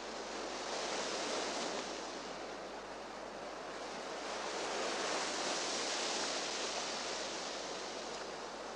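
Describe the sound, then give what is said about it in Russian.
Waves wash steadily onto a shore in a broad, continuous hiss as a girl walks barefoot along it, swelling gently louder around the middle and again later, with no voices. “идет босиком вдоль берега.”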